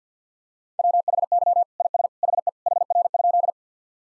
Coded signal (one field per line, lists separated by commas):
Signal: Morse code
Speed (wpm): 50 wpm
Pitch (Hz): 700 Hz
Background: none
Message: WHY IS HE HR?